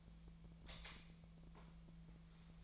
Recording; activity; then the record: daily activity, microphone in the room; light off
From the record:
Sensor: 1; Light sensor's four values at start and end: 47/134/55/62 and 35/90/38/45